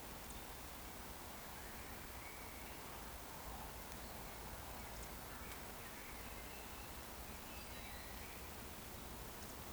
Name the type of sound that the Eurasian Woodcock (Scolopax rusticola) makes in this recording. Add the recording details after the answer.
whistle. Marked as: whistle, whistle, whistle. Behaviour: display flight. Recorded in Baden-Württemberg, Germany, on 15 June 2020 at 19:31 UTC. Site 14569, 102 m above sea level